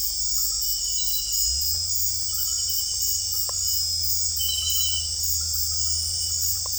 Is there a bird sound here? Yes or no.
no